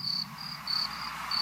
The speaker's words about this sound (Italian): Apro la finestra. Ma dalla finestra di camera mia, niente caos urbano, no. Solo rumori di campagna, grilli e ranocchie.